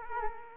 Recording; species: mosquito wingbeat signal from an infrared sensor; Culex quinquefasciatus